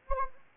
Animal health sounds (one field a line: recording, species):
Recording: mosquito wingbeat signal from an infrared sensor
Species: Anopheles gambiae